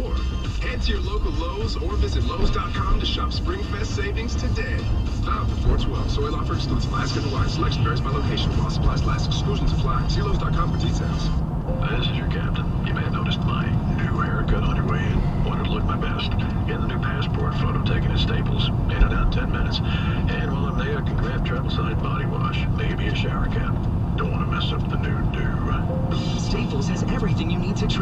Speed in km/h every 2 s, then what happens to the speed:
24, 35, 44, 52, 55, 56, 58, 61, 60, 58, 58, 58, 58, 56.
0-13 speeds up to 61. 13-28 steady at about 58.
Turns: none.